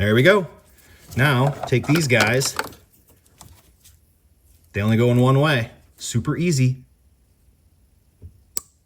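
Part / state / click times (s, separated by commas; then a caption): wire terminal into Deutsch connector housing / seated / 8.6 s. While someone talks, a wire terminal that only fits one way is pushed into a Deutsch-style connector housing during a Berks Attachment wiper delay install on a Polaris Xpedition UTV. A sharp little click at 8.6 s shows the terminal is seated.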